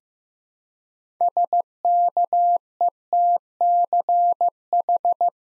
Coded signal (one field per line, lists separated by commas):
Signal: Morse code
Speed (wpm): 15 wpm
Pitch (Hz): 700 Hz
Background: none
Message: SKETCH